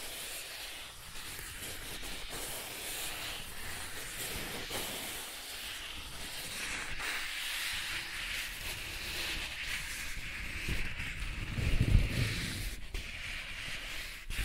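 Soft tracing across smooth and rough surfaces makes a steady, airy rubbing hiss that runs the whole clip with little pause. Faint scratchy ticks break through now and then, the strokes grow a bit fuller after the midpoint, and a low bump sounds near twelve seconds.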